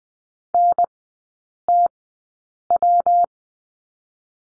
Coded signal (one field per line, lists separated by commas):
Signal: Morse code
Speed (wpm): 20 wpm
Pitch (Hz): 700 Hz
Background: none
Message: NTW